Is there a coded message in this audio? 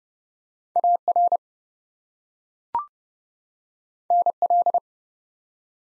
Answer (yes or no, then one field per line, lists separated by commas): yes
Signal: Morse code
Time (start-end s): 0.8-4.8 s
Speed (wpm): 30 wpm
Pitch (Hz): 700 Hz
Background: none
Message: AR NL